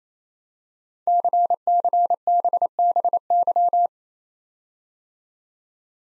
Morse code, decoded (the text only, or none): CCBBY